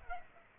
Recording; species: mosquito wingbeat signal from an infrared sensor; Culex quinquefasciatus